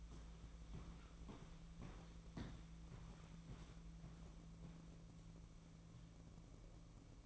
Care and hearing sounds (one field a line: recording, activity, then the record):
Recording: daily activity, microphone in the room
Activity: walk to room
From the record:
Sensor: 1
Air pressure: 1012.3 hPa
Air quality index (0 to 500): 200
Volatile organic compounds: 4 ppm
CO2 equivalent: 1602 ppm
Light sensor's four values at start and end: 81/192/82/87 and 86/207/87/93